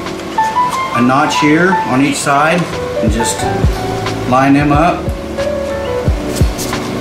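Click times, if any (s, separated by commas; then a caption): none. A plastic nozzle end piece is lined up with the notch on each side of a Vanpore cordless leaf blower's tube and pushed onto the tube end. Someone talks over music, with a short knock at 0.4 s. Nothing has seated or clicked yet.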